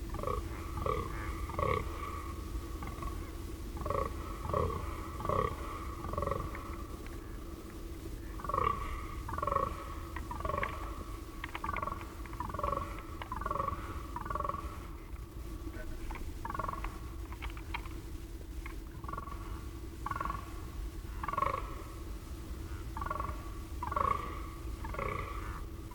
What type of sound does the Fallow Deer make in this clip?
call